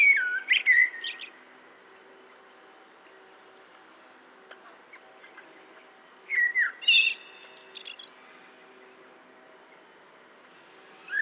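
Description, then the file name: Common blackbird with brief fluted whistles finished by high twitters, repeated after pauses of several seconds, with a faint tick in between. "Turdus merula"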